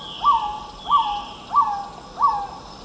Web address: S America Eastern Lowlands Trogon melanurus, song male